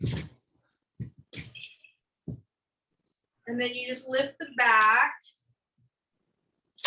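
Someone talks while lifting the backrest of a folding seat up toward the seat frame, with a few faint handling knocks and rustles between the words. The clip ends before the backrest locks upright, so nothing has seated or clicked yet.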